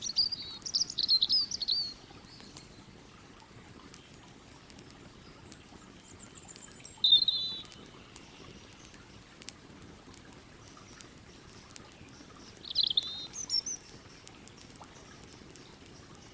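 A steady low rush of river water with faint crackling ticks, as high bird chirps break in at the start, around seven seconds, and near thirteen seconds.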